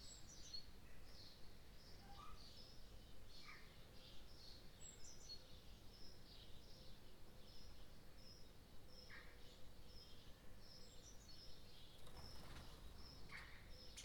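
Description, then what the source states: Birds chirping: sparse high tweets and brief trills at irregular intervals, set against a constant low background hum. Birds in the morning.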